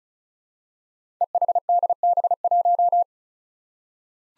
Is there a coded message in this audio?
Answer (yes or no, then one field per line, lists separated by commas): yes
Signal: Morse code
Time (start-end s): 1.2-3.0 s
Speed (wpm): 36 wpm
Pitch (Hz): 700 Hz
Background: none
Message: EHDB1